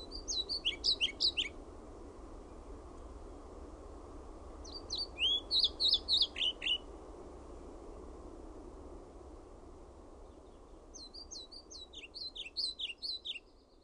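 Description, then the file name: European pied flycatcher giving three separate phrases of sweet, high, rapidly alternating notes, spaced several seconds apart, against a faint constant hiss. "KIRJOSIEPPO"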